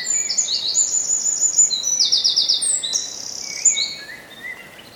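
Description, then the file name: Eurasian wren in full song: piercing, rapid notes tumbling into a dry trill, then more whistled phrases trailing off near the end. "Troglodytes troglodytes"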